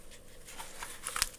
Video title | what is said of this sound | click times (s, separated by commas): ODENWOLF W-SCANDI REVIEW!!!!. This knife could hurt you? | It's got a pretty tactile little click to get it out of there. | 1.2 s